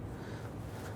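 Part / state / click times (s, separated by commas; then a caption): AC line retaining bracket onto its mount / not seated / none. During a MAP sensor replacement on a 1999–2004 Jeep Grand Cherokee, the AC line retaining bracket is rotated into position toward its mount. A steady, low, humming rumble with no sharp transients runs throughout. Nothing has seated or clicked yet.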